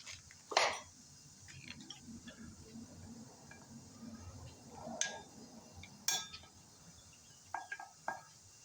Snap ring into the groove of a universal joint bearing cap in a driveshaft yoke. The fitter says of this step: Nice positive click right into the groove.